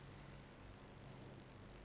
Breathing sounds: one breath in and out by a microphone near the nose and mouth; normal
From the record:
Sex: male

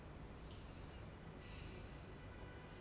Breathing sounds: one breath in and out by a microphone near the nose and mouth; normal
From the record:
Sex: male

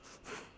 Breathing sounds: one breath in and out by a microphone near the nose and mouth; strong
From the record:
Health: marked as sick, illness not named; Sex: female

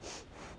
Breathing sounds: one breath in and out by a microphone near the nose and mouth; strong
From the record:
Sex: female

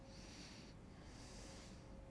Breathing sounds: one breath in and out by a microphone near the nose and mouth; deep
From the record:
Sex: male

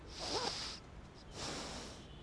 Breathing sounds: one breath in and out by a microphone near the nose and mouth; deep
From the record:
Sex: male

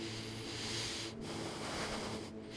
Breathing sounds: one breath in and out by a microphone near the nose and mouth; deep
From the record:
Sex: male

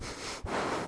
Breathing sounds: one breath in and out by a microphone near the nose and mouth; strong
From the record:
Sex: male

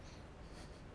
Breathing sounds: one breath in and out by a microphone near the nose and mouth; strong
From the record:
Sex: male

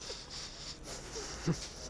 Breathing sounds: one breath in and out by a microphone near the nose and mouth; strong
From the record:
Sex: male

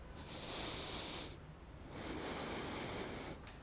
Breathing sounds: one breath in and out by a microphone near the nose and mouth; deep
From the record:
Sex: male

